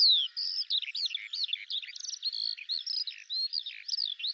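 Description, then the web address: Bird calling in a rapid, continuous jumble of high chirps and short whistled notes, some falling and some rising, with no other clear sounds. "Deverinetal 2025 File cleaned normalized Bird Al Ar"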